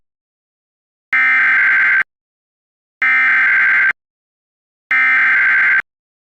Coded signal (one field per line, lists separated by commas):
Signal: Emergency Alert System (SAME) tones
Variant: header bursts